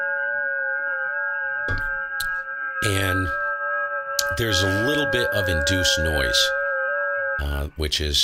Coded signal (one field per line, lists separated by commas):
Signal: FT8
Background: speech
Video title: Getting your Apache Labs Anan Running on FT8!